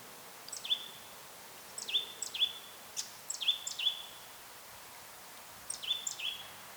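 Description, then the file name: Eurasian blackcap, clear downslurred whistled notes in small groups, spaced over quiet gaps. "Sylvia atricapilla"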